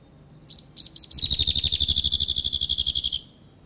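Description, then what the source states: Whitehead territorial call: two short starting notes lead into a loud, rapid, evenly pulsed trill that gently falls in pitch over about two seconds. Male whitehead giving a territorial call.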